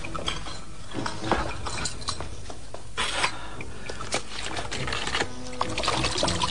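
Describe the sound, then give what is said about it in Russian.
A cup being washed with running water and dishes clinking, several sharp chinks of ceramic and metal scattered over a steady rush of water, with no talking. “Да надо же вымыть чашку.”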